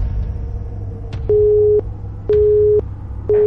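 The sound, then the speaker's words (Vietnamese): A phone busy tone repeats: steady mid-pitched beeps, each about half a second long with equal gaps, sounding three times over a low background hum, as a call placed on a contact device fails because the other device is out of coverage. No one speaks. “Thiết bị ngoài vùng phủ sóng.”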